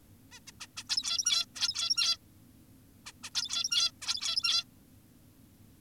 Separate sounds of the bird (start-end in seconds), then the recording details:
0.32-0.40, 0.48-0.52, 0.61-0.67, 0.77-0.84, 0.90-1.46, 1.56-2.18, 3.06-3.12, 3.24-3.30, 3.35-3.92, 4.02-4.64. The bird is an adult. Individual g17y2U